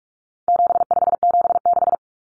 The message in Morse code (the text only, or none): 7576